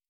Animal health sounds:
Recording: hydrophone in a shrimp aquaculture tank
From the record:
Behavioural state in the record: starved

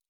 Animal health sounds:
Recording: hydrophone in a shrimp aquaculture tank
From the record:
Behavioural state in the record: normal

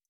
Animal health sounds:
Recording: hydrophone in a shrimp aquaculture tank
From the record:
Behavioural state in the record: stressed

